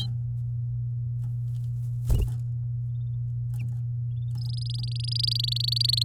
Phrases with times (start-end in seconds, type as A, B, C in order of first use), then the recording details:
4.38-6.03 A. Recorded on 9 May 2018 at 11:56. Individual llb16